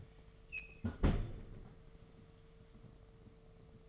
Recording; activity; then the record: daily activity, microphone in the room; close fridge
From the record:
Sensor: 4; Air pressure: 1015.7 hPa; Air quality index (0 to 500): 186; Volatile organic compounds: 9 ppm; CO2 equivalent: 2141 ppm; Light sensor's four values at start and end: 8/19/8/8 and 10/22/9/9